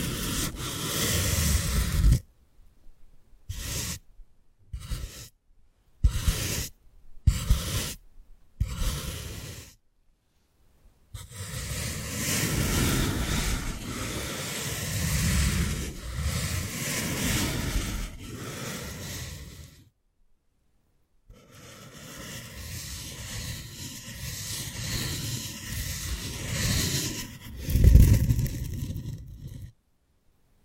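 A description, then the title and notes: Close ear picking with props: choppy bursts of rough scraping cut by silent gaps, then longer rustling stretches, a thump near 28 seconds. 3D panoramic ear picking with various props.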